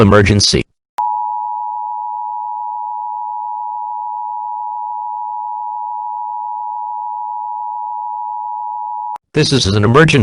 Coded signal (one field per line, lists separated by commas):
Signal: Emergency Alert System (SAME) tones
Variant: 853 and 960 Hz attention tone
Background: speech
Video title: Clean Up Day: A Mini EAS Scenario